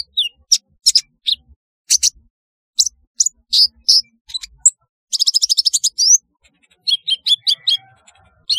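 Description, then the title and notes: Sunbird chirps: scattered sharp high notes, then a rapid buzzy trill of about a dozen ticks, followed by more spaced chirps. "Kicau Burung Kolibri"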